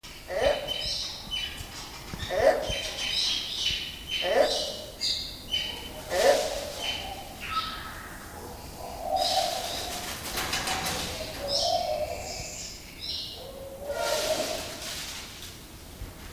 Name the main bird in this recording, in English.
Double-toothed Barbet